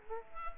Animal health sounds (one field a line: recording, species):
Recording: mosquito wingbeat signal from an infrared sensor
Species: Culex quinquefasciatus